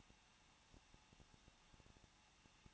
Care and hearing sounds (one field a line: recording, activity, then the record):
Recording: daily activity, microphone in the room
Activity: no activity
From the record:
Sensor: 1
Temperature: 20.1 degrees Celsius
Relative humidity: 39.1%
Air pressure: 1006.4 hPa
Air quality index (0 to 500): 216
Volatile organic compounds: 74 ppm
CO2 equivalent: 3555 ppm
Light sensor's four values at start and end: 1/2/1/1 and 1/2/1/1